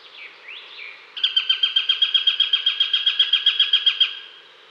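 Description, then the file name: Eurasian sparrowhawk alarm call, a fast harsh chattering series of many even notes over about three seconds, preceded by faint thin calls. Female Eurasian sparrowhawk giving alarm calls at the nest. "krahujec obecny varovani samice u hnizda"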